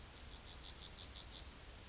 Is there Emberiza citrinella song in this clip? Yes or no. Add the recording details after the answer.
yes. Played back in grassland. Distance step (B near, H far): D. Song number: 168